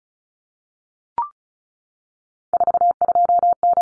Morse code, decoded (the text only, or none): 42N